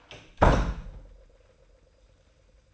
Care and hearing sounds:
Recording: daily activity, microphone in the room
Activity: close door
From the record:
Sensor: 2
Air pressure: 990.3 hPa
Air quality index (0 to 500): 186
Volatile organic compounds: 1000 ppm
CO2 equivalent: 5928 ppm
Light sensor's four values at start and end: 34/80/33/33 and 34/81/33/33

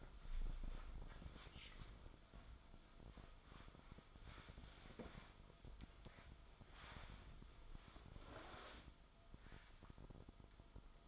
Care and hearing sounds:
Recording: daily activity, microphone in the room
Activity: wipe stove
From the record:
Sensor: 5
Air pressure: 1004.9 hPa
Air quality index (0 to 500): 99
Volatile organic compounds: 2 ppm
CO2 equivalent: 1208 ppm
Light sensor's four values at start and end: 33/75/31/31 and 33/75/31/31

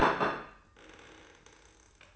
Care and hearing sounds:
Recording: daily activity, microphone in the room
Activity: place plate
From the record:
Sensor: 2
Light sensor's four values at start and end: 14/46/18/17 and 14/46/18/17

